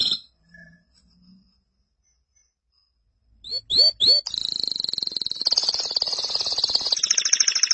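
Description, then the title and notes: Canary song: a brief note and a quiet pause, then a few sharp sweeping notes and a long, fast, buzzy high trill that shifts tone. "BM Suara Kenari. BM Suara Burung Kenari"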